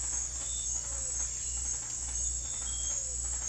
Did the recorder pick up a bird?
no